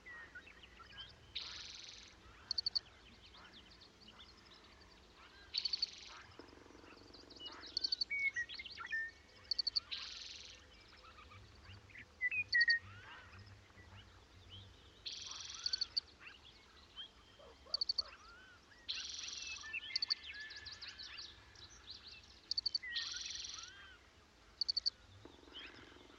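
A natural soundscape from Pipestone Canyon in Eastern Washington, full of bird chirps and trills. Short, bright, buzzy bursts repeat every two to three seconds throughout, over a steady low rumble and a scatter of quieter calls between them.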